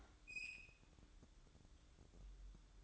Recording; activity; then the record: daily activity, microphone in the room; open fridge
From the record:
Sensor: 3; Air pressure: 1007.7 hPa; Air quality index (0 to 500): 71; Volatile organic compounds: 1 ppm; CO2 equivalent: 645 ppm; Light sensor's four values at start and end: 12/29/12/12 and 12/29/12/12